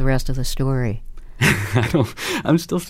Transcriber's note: laughter